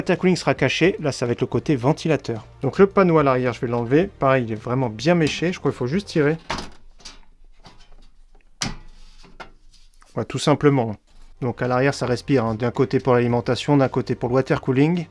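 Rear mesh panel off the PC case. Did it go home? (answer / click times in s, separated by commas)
released / 8.6 s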